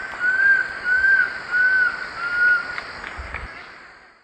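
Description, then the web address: Fasciated antshrike, four soft whistled notes at an even rhythm, then fading background noise. Recorded in the eastern lowlands of South America. "Natures Songs S America Eastern Lowlands. Fasciated Antshrike"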